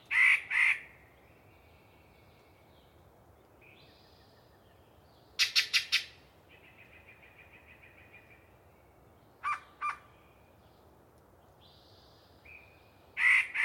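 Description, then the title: Yellow-breasted chat song of varied phrases: doubled harsh chucks, flat whistles, a quick series of rattling notes, a buzzy trill and clucks, with pauses between. Particularly chatty bird giving a long pre-dawn soliloquy in deciduous cover. "A Very Chatty Yellow-breasted Chat"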